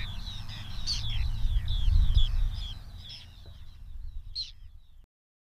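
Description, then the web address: Whiskered tern giving a series of short, harsh, downward-slurred calls in quick succession, over a low rumbling background noise. "Madardalok Fattyúszerkő"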